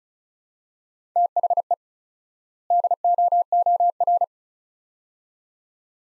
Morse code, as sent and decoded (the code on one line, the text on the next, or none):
- .... . / -.. --- --- .-.
THE DOOR